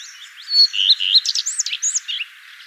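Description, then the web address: Common redstart song: a short, high, fast phrase of sweeping and twittering notes lasting about two seconds. "vogelstimmen gartenrotschwanz gesang nabu lars lachmann"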